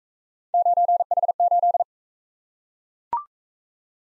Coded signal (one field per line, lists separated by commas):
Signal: Morse code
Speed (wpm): 40 wpm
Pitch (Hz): 700 Hz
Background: none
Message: 9H8